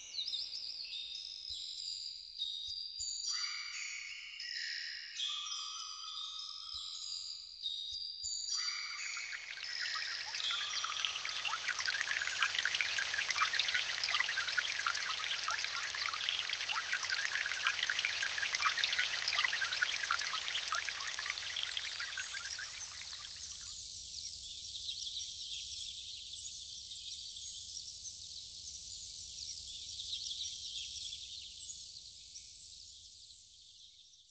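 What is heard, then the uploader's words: Rainforest ambience opens with busy, bright chirping and trilling calls from insects or birds over a faint low rumble. Around nine seconds a dense, crackling hiss like rain on leaves swells and holds until about twenty-three seconds, then thins to a high steady buzz that fades. Rainforest.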